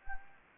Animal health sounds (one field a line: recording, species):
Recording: mosquito wingbeat signal from an infrared sensor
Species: Anopheles gambiae